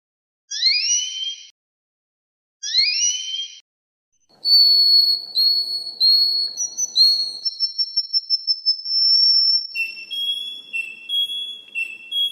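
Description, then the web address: Canary song: two rising buzzy sweeps, then long pure whistled notes and a fast pulsed roll of rapid repeated notes, ending in high ringing tones. "kenar canto"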